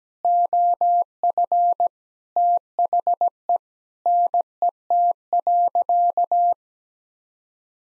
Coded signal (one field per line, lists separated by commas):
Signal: Morse code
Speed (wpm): 17 wpm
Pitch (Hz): 700 Hz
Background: none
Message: OF THE NET.